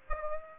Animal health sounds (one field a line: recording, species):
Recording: mosquito wingbeat signal from an infrared sensor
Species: Aedes aegypti